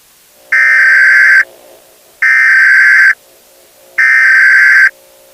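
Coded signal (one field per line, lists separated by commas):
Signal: Emergency Alert System (SAME) tones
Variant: header bursts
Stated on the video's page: Fictional EAS scenario, not a real alert.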